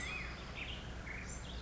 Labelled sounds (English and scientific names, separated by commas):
Black-headed Grosbeak (Pheucticus melanocephalus)